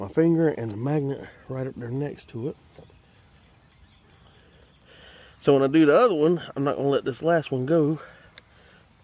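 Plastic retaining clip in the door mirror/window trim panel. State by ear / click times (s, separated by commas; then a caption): released / 8.4 s. A plastic retaining clip in the door mirror and window trim panel of a 2010 Honda Accord is worked free with a finger and a magnet while the window trim and mirror are being removed. Someone talks through most of the clip, and a sharp click is heard at 8.4 s as the clip lets go and releases.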